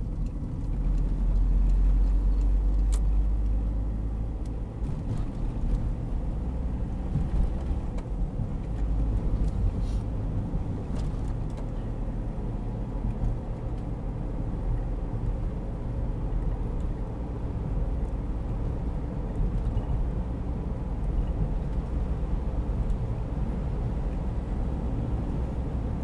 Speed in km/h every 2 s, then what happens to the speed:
33, 38, 44, 50, 52, 56, 59, 60, 60, 61, 62, 62, 64.
0-11 speeds up to 59. 11-26 steady at about 61.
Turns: none.